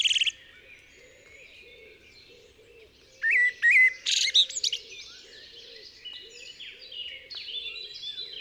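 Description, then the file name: Eurasian blackbird song: after a brief high squeak, a phrase of fluted whistles breaks into strident high twitters, then softer warbling, over a faint low regular pulsing. "Turdus merula"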